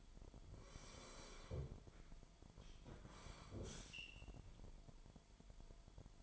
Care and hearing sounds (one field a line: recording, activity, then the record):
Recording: daily activity, microphone in the room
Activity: sit down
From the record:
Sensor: 5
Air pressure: 998.7 hPa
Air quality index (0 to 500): 92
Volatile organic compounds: 2 ppm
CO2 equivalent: 1056 ppm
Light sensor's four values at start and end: 33/79/33/37 and 33/79/33/37